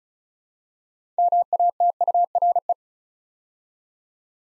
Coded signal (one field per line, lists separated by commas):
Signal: Morse code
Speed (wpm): 36 wpm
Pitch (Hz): 700 Hz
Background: none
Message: MATURE